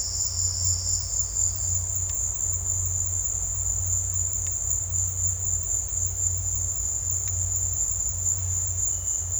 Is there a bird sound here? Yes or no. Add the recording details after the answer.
no. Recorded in dense forest near Puerto Asís, Putumayo, Colombia, on 8 March 2025 at 16:30. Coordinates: 0.468, -76.322. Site GP01